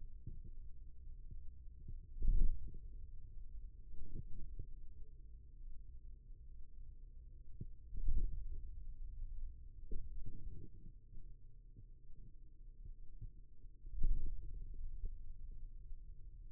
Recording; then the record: forearm muscle sounds (acoustic myography)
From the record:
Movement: hand opening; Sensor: system 2, bracelet of six BSWA MPA416 microphones around the upper forearm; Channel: 3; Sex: male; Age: 22 years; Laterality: right